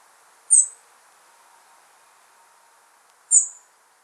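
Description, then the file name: European robin calling twice, each a short, sharp, very high note about three seconds apart, with faint low hiss underneath. "Erithacus rubecula"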